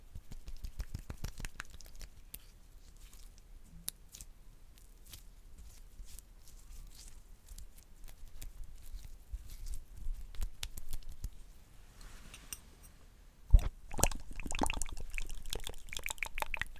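Slime being squished and popped, with a steady run of small wet clicks and crackles that thin out in the middle. Bursts cluster near the start and again from about 13 seconds, where one sharp loud pop stands out before denser crunchy squelching.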